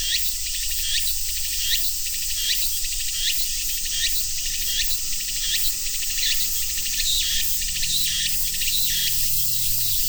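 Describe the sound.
Cicadas keep up a high hissing buzz that throbs in regular pulses, a bit more than one each second.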